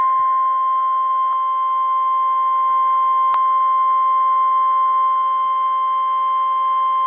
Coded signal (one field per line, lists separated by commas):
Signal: Emergency Alert System (SAME) tones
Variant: 1050 Hz attention tone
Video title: EAS #142: Tornado Warning